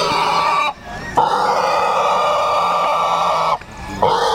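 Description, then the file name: Pig screaming in a sustained, shrill squeal, interrupted twice by a quick gasp for breath. "cochon"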